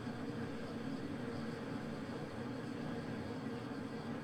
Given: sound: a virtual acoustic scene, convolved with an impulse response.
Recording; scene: olnoise with the direct sound of the target; underground station